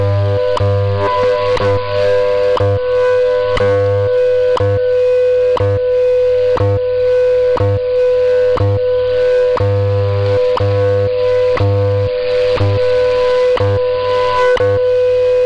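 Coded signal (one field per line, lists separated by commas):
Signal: radio time signal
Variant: WWV/WWVH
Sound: steady audio tone switching pitch, with a short tick every second and low hum pulses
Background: radio static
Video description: WWV + WWVH 10MHz, -65dBFS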